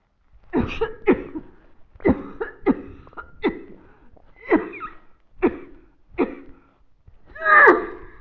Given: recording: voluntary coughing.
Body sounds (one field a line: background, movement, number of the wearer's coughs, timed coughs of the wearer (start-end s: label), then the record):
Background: quiet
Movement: sitting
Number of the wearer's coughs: 9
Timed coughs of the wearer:
0.54-0.92 s: cough
1.05-1.39 s: cough
2.03-2.57 s: cough
2.65-3.31 s: cough
3.42-3.75 s: cough
4.41-4.99 s: cough
5.41-5.76 s: cough
6.18-6.50 s: cough
7.45-7.98 s: cough
From the record:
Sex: female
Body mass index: 21.8 kg/m2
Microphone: on the chest, facing the body